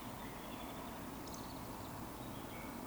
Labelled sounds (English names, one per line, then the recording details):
Eurasian Woodcock
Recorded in Baden-Württemberg, Germany, on 16 June 2020 at 19:35 UTC
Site 14569, 102 m above sea level